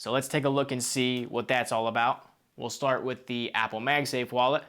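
Someone talks while an Apple MagSafe magnetic card wallet is about to be placed on the back of an iPhone 14 Pro Max in a plastic Phone Rebel Gen 4 case. Only talking is heard. Nothing has snapped on or seated yet.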